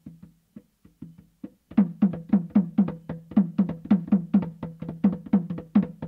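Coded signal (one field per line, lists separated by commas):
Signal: talking drum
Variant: Saramaka apinti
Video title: Apínti: Talking drum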